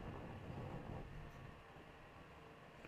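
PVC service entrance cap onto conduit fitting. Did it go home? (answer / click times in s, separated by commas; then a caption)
no / none. Someone pushes the plastic cap of a PVC service entrance head onto the part attached to 1-1/4 inch conduit. A steady low rumble is louder for the first second, then settles quieter, with only a faint tap at the very end. The cap has not snapped on yet.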